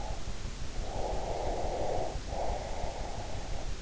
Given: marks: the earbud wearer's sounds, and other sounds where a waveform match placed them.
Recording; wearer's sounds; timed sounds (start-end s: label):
sounds in sleep by an in-ear microphone; breath
0.66-3.44 s: breath